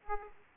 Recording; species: mosquito wingbeat signal from an infrared sensor; Aedes aegypti